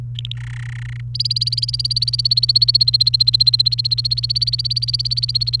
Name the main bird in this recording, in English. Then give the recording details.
Domestic Canary. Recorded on 29 April 2018 at 12:22. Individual llb3